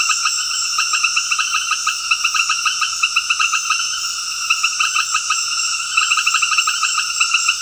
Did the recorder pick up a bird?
no